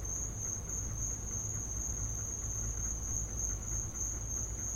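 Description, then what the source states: Cricket chorus forming a continuous shrill high trill without pauses, backed by steady low-pitched background rumble. Crickets in the recordist's back yard; field recording.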